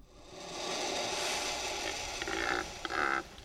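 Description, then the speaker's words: Turkey Vulture hiss, a long breathy guttural rush of noise. Guttural hiss; the turkey vulture has no syrinx, the organ most birds use to make sounds. "birds make sounds with their syrinx, but a turkey vulture doesn't actually have one."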